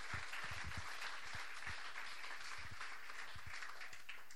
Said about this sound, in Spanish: Un aplauso para nuestros lectores.